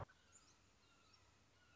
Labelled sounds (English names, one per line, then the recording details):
Red-shouldered Hawk
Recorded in Sonoma County, California